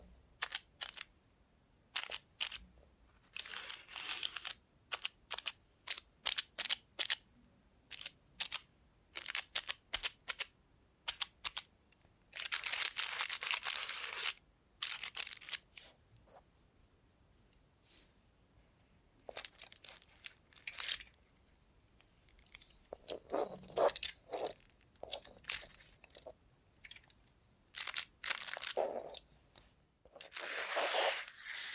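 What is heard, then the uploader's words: ASMR with a robot hand: bursts of crisp crunching and tapping clicks, some rapid and clustered, separated by quiet pauses, with a longer rustle midway. Try ASMR with a Robot Hand (No Talking).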